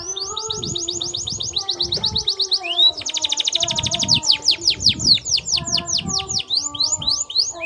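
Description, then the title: Belgian canary singing rapid trills of repeated sweeping notes, switching between several fast rolling phrases, with a steady low hum beneath. Belgian canary warm-up song used for masteran tutoring, a long rolling song meant to help young canaries start singing quickly. "Canto Para Esquentar Canário Belga. Kenari AF gacor panjang untuk masteran, Kenari muda cepat gacor ngerol panjang"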